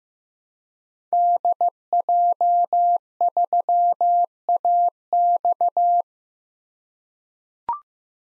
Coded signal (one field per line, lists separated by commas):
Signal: Morse code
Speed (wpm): 15 wpm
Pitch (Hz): 700 Hz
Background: none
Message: DJ3AX